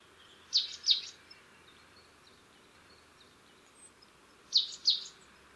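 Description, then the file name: Marsh tit call: two bright, high notes in quick succession, repeated once after a pause of a few seconds, over low hiss. "Poecile palustris"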